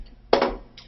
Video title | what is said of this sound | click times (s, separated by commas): tkE Introduction to Fall Protection | push this up through locks into place okay | 0.3 s